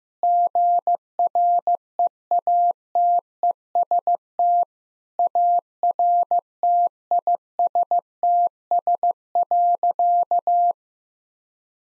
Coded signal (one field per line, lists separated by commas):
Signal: Morse code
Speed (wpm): 14 wpm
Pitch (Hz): 700 Hz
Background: none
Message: GREATEST ARTISTS.